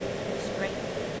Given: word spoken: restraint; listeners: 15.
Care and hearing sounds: one English word in noise, from a listening test; speech-shaped noise; -6.4 dB; 0 of 15; 6 of 15; 0.80 s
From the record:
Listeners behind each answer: 6, 4, 2, 1, 1, 1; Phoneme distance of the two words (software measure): 21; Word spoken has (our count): 2 syllables, 8 phonemes, stress on syllable 2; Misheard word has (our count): 1 syllable, 5 phonemes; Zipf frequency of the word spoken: 3.53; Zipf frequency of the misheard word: 5.26

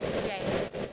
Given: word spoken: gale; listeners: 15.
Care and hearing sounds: one English word in noise, from a listening test; noise modulated by three-talker babble; -7.9 dB; 0 of 15; 8 of 15; 0.53 s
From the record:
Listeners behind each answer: 8, 1, 1, 1, 1, 1, 1, 1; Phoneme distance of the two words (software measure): 10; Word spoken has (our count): 1 syllable, 3 phonemes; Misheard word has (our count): 1 syllable, 3 phonemes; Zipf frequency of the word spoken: 3.62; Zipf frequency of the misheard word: 5.54

